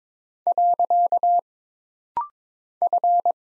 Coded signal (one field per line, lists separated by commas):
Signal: Morse code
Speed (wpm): 22 wpm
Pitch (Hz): 700 Hz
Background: none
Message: . F